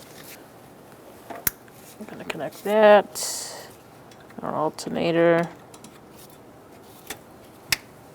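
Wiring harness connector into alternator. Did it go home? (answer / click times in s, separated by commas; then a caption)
yes / 7.7 s. A wiring harness connector is pushed onto the alternator of a 2010-2013 Kia Soul 2.0L L4 while someone talks, with a few light clicks and taps in between. It latches with a sharp click at 7.7 s, showing the connector is fully seated.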